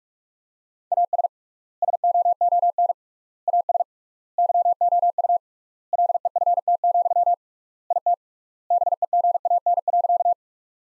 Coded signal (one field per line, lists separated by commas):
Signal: Morse code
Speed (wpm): 42 wpm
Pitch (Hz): 700 Hz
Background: none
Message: AS SOON AS YOU LEFT, IT BEGAN.